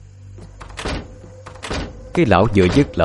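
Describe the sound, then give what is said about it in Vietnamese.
Two heavy slams ring out in quick succession, like windows and glass doors banging shut, followed by a man's voice speaking. “tất cả cửa sổ và cửa kính đều đồng loạt đóng sập lại.”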